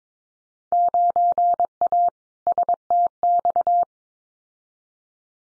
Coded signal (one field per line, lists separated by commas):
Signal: Morse code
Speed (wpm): 22 wpm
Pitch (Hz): 700 Hz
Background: none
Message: 9A STX